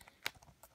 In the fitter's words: if those clips are in place it'll snap right in even if just a couple of the clips are in it snapped in there